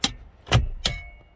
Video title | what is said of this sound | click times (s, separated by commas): Nissan Air Bag Removal & An Epic Fail | There it is. It's locked in place now. | 0.0 s, 0.9 s